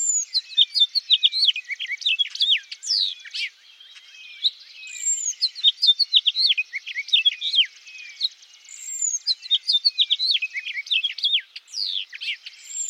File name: House Finch